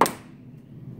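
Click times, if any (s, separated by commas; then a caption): 0.0 s. A snorkel mask's black plastic frame clasp is pressed against a table corner for leverage until it snaps into place over the silicone skirt and lens frame. One sharp pop lands at 0.0 seconds, then fades to quiet low background noise. The clasp is seated.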